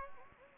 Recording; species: mosquito wingbeat signal from an infrared sensor; Anopheles gambiae